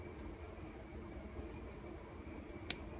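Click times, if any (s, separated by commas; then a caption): 2.7 s. The spoon implement of a small vintage Japanese steel Little Hobo folding knife is opened carefully from its multi-tool handle against a quiet background, with a faint tick at 2.5 s. The backspring then snaps it sharply into position at 2.7 s, and the spoon is seated.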